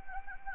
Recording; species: mosquito wingbeat signal from an infrared sensor; Anopheles gambiae